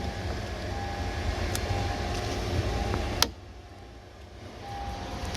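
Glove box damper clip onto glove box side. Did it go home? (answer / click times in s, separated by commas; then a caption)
yes / 3.2 s. The glove box damper arm clip on a 2012–2016 Honda CR-V is pushed back onto its plastic mount on the side of the glove box, during a cabin filter replacement. Over a steady background hum, a few faint ticks come before one loud, sharp snap at 3.2 seconds, after which the hum drops and quiets. The clip is seated.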